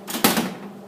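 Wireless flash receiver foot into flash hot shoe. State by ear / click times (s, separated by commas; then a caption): seated / 0.2 s. A wireless flash receiver, slid onto a flash's hot shoe, has its locking collar turned toward lock until it locks in place. A soft rattling turn of the collar leads into a sharp click at 0.3 s, followed by a short ringing tail. The receiver is then seated and locked onto the hot shoe.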